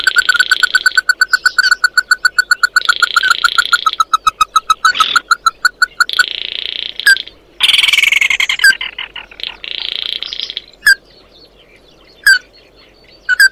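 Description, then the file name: Bird calls: rapid runs of ringing pulsed notes interrupted by harsh buzzy bursts, then spaced sharp chirps toward the end. "Tieng chim mat do"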